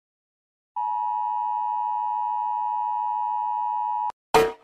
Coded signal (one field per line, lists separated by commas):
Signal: Emergency Alert System (SAME) tones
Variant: 853 and 960 Hz attention tone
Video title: 🌳 Gacha Life 🌳|🚨 SWP Rate EAS Alarms 🚨 (Old Video)